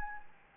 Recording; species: mosquito wingbeat signal from an infrared sensor; Anopheles gambiae